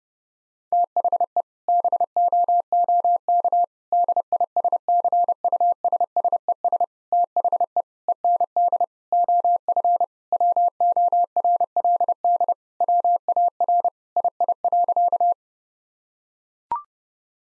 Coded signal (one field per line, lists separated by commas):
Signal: Morse code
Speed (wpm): 30 wpm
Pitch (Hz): 700 Hz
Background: none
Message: THE BOOK DISCUSSES THE END OF WORLD WAR II.